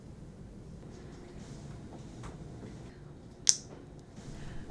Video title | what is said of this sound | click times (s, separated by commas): Central Line Care at Home "Power Line or Medcomp Line CVC Dressing Change" | snap the stat lock into place on your child's line first then once | 3.5 s